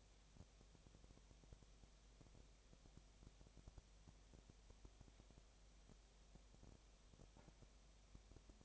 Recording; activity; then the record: daily activity, microphone in the room; no activity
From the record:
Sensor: 1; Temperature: 19.8 degrees Celsius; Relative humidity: 37.9%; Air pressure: 998.8 hPa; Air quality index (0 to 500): 233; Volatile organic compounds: 134 ppm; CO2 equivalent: 3950 ppm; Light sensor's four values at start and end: 1/2/1/1 and 1/2/1/1